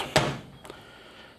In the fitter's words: you can I'm sure you can hear it popping when I snap them in.